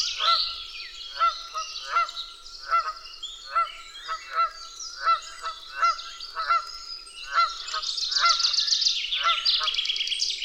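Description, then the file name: Canada goose honks, loud calls repeated in a steady series, with a noisier chorus of other geese building toward the end. Canada geese at Dwingelderveld. "Canadese ganzen op Dwingelder Veld - Sound Cloud - luc de bruijn"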